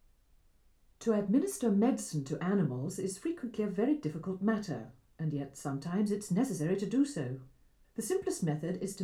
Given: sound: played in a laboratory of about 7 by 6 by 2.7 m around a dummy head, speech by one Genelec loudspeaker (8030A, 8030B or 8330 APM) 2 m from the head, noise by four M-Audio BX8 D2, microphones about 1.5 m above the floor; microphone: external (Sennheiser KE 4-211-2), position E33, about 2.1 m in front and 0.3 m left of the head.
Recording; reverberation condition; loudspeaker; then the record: female speech in English; low; 30 degrees to the left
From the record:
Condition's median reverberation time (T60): about 310 ms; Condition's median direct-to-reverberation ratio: about 3.5 dB